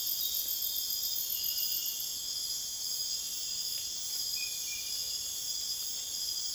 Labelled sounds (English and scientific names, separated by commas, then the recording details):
none
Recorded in dense forest near Puerto Asís, Putumayo, Colombia, on 22 June 2025 at 23:30
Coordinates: 0.484, -76.325
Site H65